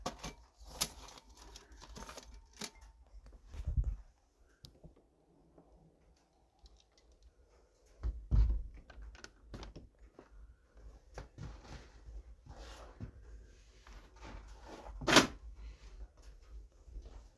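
Morning household bustle: scattered clicks, clatters and rustles, with heavier thuds near four, eight and fifteen seconds and brief quiet gaps between.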